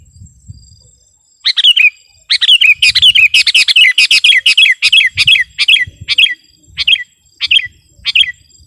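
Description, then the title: Sooty-headed bulbul giving a long run of short, sharp descending chirps, quick and slightly uneven, over a faint steady high whine and low rumble. "kutilang"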